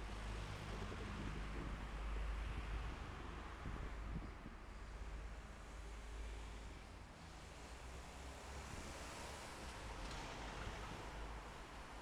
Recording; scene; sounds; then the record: everyday scene through a hearing-aid microphone; in traffic; traffic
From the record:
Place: bus stop on a city main road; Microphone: behind the ear, left, rear